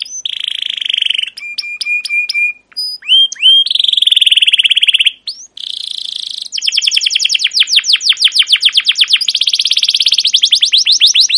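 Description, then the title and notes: Canary song, varied: buzzy trill, a string of flat whistled notes, rising chirps, another rolling trill, then a long series of rapid descending chirps. Captive canary; long, continuous chirping song used as a lure and master recording to train young canaries to sing. "CUIT CUIT NGEROL LANGSUNG GACOR PANJANG Kenari Ini AMPUH Utk Pancingan KENAR. PANCINGAN Kenari GACOR PANJANG Cuit CUIT EMOSI ini AMPUH utk MASTERAN Kenari PAUD belajar BUNYI. burung kenari"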